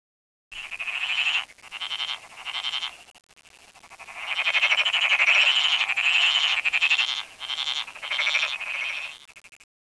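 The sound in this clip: Frog calls, a rapid pulsed rattling trill given in bursts of about a second, then a longer continuous run of trilled croaks, steady and loud, then more short bursts.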